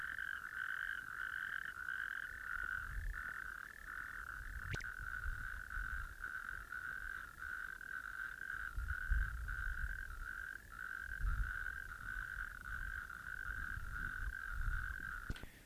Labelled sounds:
Natterjack Toad call

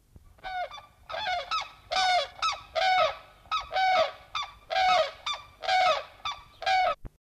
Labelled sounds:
White-naped Crane call

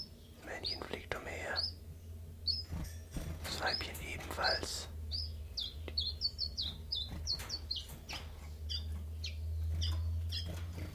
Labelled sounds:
Common Chiffchaff

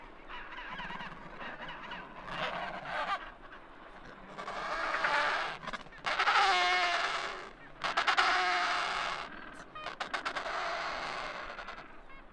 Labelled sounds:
Adelie Penguin call

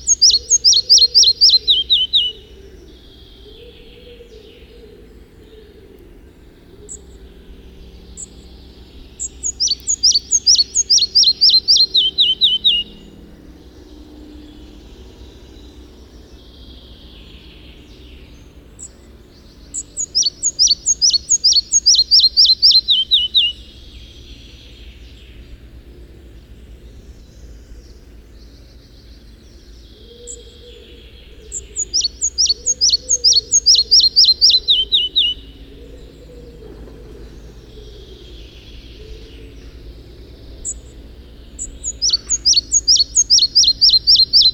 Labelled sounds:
Red-breasted Flycatcher song

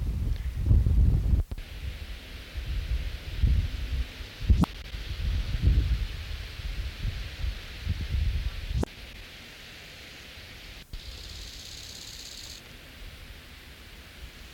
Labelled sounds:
Bow-winged Grasshopper stridulation

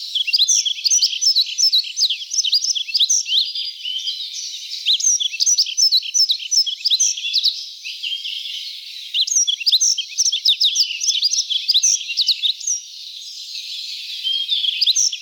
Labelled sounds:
Yellow-throated Bunting song

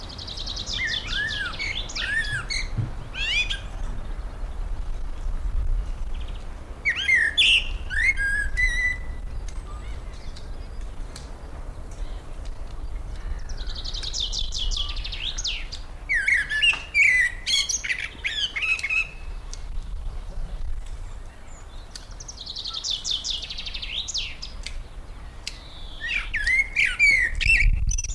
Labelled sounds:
Common Blackbird

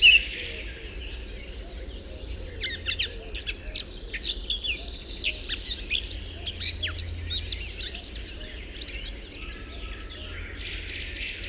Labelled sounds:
Eurasian Blackcap song

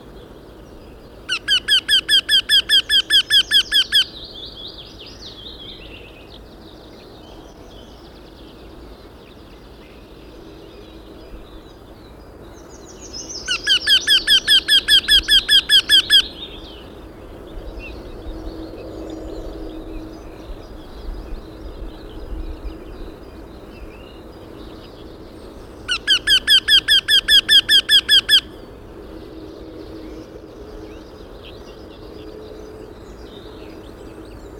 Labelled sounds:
Eurasian Wryneck call

